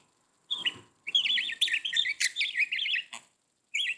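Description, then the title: Budgerigar chattering warble: a short chirp, then a long stream of quick wavering notes, ending with a brief chirp. "Budgie Sounds"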